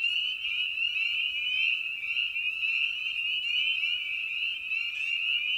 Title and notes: Night of the Peepers. In this episode we return to the frog pond for a meditative evening. Species in Focus: Spring Peeper (Pseudacris crucifer). Ian Carlsen